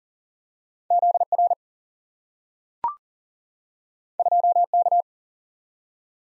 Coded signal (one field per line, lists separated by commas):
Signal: Morse code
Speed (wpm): 40 wpm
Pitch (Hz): 700 Hz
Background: none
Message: ZR 2K